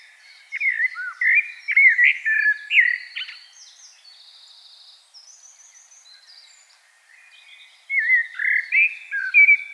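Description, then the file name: Common blackbird song: a mellow, fluty warbling phrase trailing into thin, scratchy high twitters, then a second fluty phrase. "Turdus merula"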